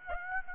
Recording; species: mosquito wingbeat signal from an infrared sensor; Aedes aegypti